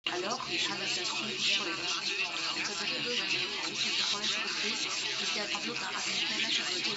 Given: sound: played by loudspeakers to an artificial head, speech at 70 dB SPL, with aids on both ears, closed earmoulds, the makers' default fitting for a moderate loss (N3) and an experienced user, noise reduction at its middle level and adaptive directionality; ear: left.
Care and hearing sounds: speech test signal (ISTS) in cocktail-party noise; 0 dB; on the right (90 degrees)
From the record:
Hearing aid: class 1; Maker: A

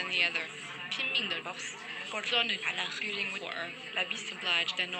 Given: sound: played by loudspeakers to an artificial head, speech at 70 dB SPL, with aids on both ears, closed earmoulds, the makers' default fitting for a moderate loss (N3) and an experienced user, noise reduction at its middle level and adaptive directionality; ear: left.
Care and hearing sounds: speech test signal (ISTS) in cocktail-party noise; -6 dB; in front (0 degrees)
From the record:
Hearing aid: class 1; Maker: I

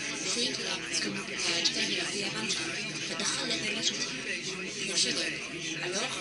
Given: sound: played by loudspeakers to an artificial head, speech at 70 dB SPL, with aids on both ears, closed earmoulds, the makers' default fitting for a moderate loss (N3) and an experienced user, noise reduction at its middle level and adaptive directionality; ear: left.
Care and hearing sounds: speech test signal (ISTS) in cocktail-party noise; -3 dB; on the right (90 degrees)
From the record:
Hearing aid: class 1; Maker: B

